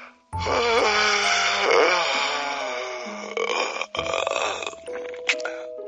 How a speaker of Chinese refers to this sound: 审讯室里，吴维涵又打了个哈欠。